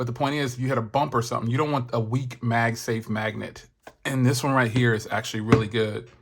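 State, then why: Not seated. An iPhone 16 Pro in a Pitaka Re-TROS MagSafe-compatible case, with its magnetic ring, is handled near a magnetic car mount while someone talks. Nothing has seated or clicked yet; the phone has not snapped onto the mount.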